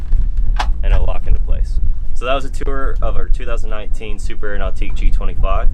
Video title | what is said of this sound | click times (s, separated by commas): 2019 Super Air Nautique G25 Walkaround | on each side and you can pull the Bimini down and walk it down with you and I'll lock into place so | 0.6 s